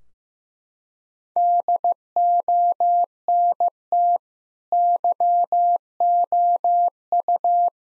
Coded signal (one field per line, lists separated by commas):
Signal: Morse code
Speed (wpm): 15 wpm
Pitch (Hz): 700 Hz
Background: none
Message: DONT YOU